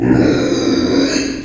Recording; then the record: squeal of a Yucatan mini pig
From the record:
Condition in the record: before surgery on the right vocal fold (resection and tissue-engineered implant); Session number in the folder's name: 2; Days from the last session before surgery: -15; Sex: female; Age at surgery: 19 weeks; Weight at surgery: 25 kg